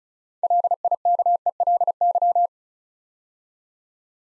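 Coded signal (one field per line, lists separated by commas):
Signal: Morse code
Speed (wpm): 36 wpm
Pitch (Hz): 700 Hz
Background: none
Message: LIKELY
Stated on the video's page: Morse practice for Instant Character Recognition: six-letter words built up three letters at a time, sent at 35 wpm.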